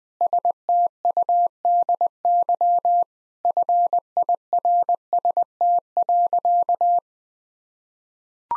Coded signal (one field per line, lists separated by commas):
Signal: Morse code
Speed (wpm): 20 wpm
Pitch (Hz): 700 Hz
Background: none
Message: STUDY FIRST.